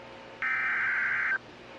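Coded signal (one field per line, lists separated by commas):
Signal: Emergency Alert System (SAME) tones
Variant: header bursts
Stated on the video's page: Fictional EAS scenario.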